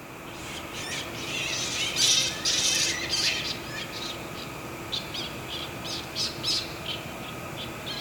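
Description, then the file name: Ryukyu flying fox calls: a few loud rasping squawks early on, then softer scattered scratchy bursts, over a low constant hum. Recorded in Oshiro, Itoman, on 7 October 2021. "okomori itoman oshiro"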